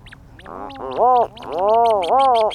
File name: Rhinoceros Auklets